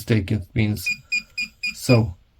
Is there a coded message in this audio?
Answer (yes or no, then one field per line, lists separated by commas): no